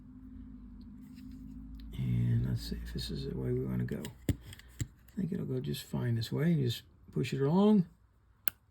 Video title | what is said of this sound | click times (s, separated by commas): ABU Garcia Appexx 3000 -- Service and Lubrication | until it snaps in like that | 8.5 s